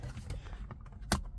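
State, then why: Seated. A plastic trim cover around the rear-view mirror and rain sensor of an Audi is pressed onto its windshield mount. A few faint ticks come first over a low background rumble, then a sharp, loud click at 1.1 s. The cover is seated.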